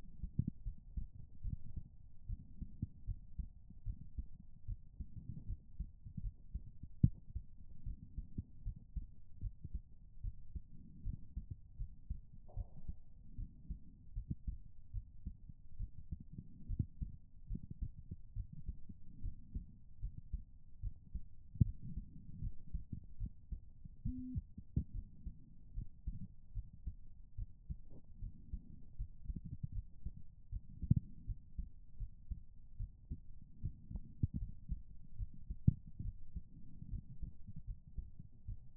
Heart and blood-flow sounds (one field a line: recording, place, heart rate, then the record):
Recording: heart sounds by stethoscope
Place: pulmonary valve (PV)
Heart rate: 73 bpm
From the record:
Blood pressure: 101/65 mmHg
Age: 28 years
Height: 161 cm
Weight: 56 kg